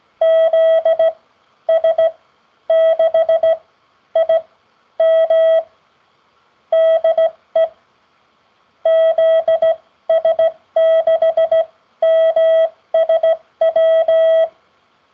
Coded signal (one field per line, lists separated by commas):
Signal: Morse code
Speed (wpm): 16 wpm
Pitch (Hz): 650 Hz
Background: none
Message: ZS6IM DE ZS6MSW